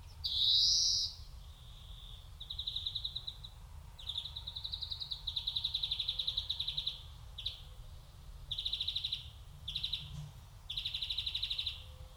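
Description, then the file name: European greenfinch mixing a loud wheeze with a long series of buzzy trills and shorter bursts, over low background rumble. "Chloris chloris"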